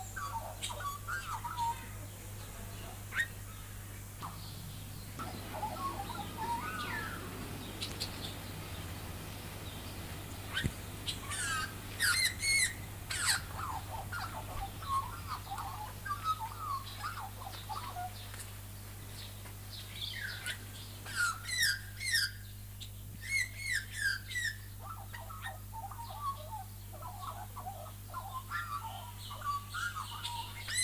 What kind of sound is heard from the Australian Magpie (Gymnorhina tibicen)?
song